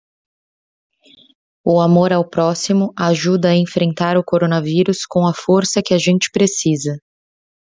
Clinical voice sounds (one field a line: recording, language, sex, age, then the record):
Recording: spoken sentence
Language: Brazilian Portuguese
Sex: female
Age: 30 to 39 years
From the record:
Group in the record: control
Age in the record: 33 years